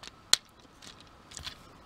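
Someone presses on the back of the plastic thigh of an Earthrise Arcee transforming robot figure so that it clips into notches on the plastic body. A sharp, loud plastic snap sounds at 0.3 s, with fainter handling clicks around 0.1 s and 1.4 s. The thigh has seated in the notches and sits inside the body.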